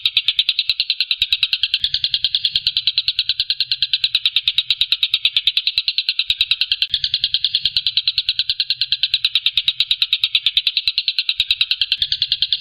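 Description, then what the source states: Stork-billed kingfisher calling nonstop for over twelve seconds, a grating series of fast pulses. Call style named tembakan, meaning shooting call.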